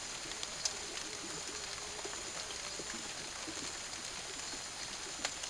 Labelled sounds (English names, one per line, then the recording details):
none
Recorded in secondary vegetation near Puerto Asís, Putumayo, Colombia, on 12 March 2025 at 08:30
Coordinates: 0.489, -76.322
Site G042